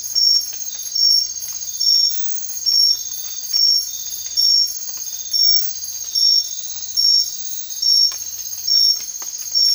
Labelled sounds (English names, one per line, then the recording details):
none
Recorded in dense forest near Puerto Asís, Putumayo, Colombia, on 24 March 2025 at 03:00
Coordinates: 0.503, -76.323
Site GP09